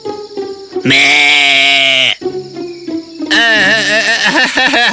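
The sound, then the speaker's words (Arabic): Two loud, wavering goat bleats, the first a steady nasal cry of about a second, the second longer and quavering, with a low droning hum running underneath. “وقيل لي إن الشخص الذي سيجبرني أن أجيب أي سؤال قبل إتمام بحثي سيتحول إلى ماعز.”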